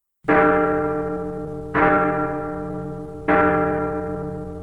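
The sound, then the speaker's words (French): A garden bell with a deep, church-like sound is struck three times at an even, unhurried pace, each loud clang ringing out with rich overtones and slowly fading before the next. No voices. “Elle avait un gros son de cloche d'église qui faisait penser aux morts.”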